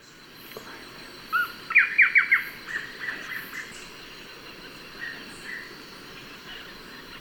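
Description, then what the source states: Blackish Antbird song: one low note leading into a quick string of bright chirps that fade into softer, slower notes. Ecuador.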